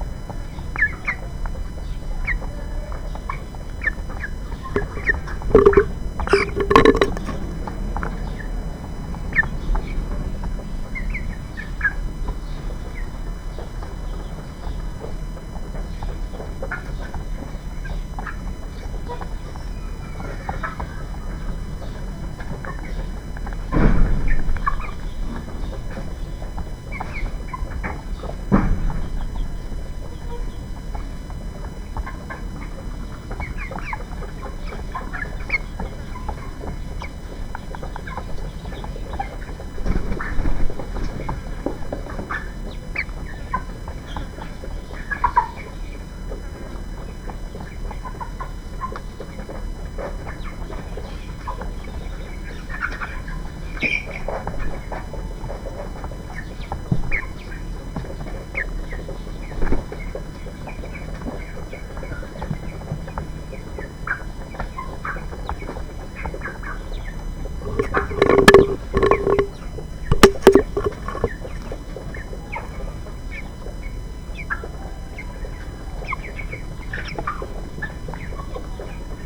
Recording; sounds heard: poultry house recording; background noise or bird activity such as feeding and pecking